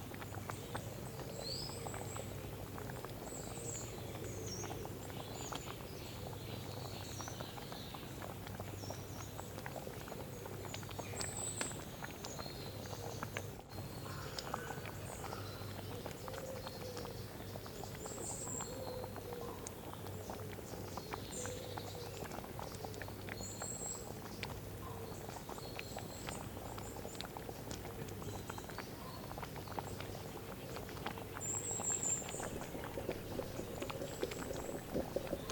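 Soup boils steadily for the whole stretch, a dense, even run of small pops and bubbles over a low, constant hum. Faint high chirps, likely birds outside, drift in now and then, and the bubbling grows slightly busier near the end.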